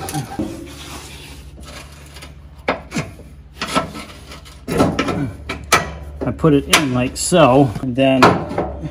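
Someone talks over music while handling the steel front piece of a John Deere 400 mower deck, setting the front hitch into the tractor's front mount. Scraping, rubbing handling noises and a few sharp knocks are heard. Nothing has seated or clicked yet; the deck has not been pulled forward to pop into its lock.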